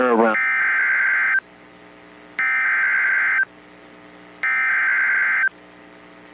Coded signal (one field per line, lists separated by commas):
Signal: Emergency Alert System (SAME) tones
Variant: header bursts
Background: speech